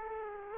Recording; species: mosquito wingbeat signal from an infrared sensor; Aedes aegypti